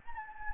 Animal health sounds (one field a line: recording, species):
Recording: mosquito wingbeat signal from an infrared sensor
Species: Anopheles gambiae